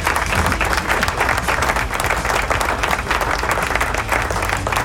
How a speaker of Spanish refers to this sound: Así que aplauso.